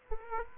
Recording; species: mosquito wingbeat signal from an infrared sensor; Aedes aegypti